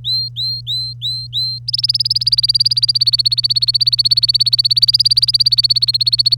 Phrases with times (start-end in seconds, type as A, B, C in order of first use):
0.04-1.59 A, 1.68-6.38 B